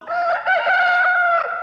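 bird, rooster crowing

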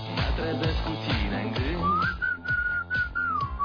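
human body sound, human whistling

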